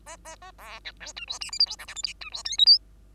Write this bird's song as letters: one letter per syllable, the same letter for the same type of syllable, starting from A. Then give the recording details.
A A A B C D E F G H I J K L M N E F O P Q. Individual Bird2